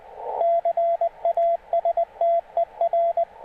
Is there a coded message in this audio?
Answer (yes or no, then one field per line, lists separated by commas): yes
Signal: Morse code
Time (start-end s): 0.4-3.2 s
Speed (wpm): 20 wpm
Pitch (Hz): 680 Hz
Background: radio noise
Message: CASTER